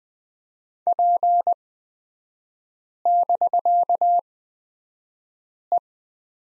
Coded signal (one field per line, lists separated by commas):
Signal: Morse code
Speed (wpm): 20 wpm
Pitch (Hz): 700 Hz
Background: none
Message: P<BK>E